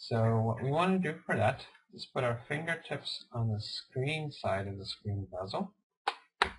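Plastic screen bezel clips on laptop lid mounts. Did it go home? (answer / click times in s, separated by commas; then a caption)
released / 6.1 s, 6.4 s. Someone talks while fingertips on the screen side of the plastic screen bezel of an HP ProBook 4525s notebook lid lift it up. Its clips snap off the plastic mounts with sharp snaps at 6.1 s and 6.4 s, which is a good sign that the bezel is releasing.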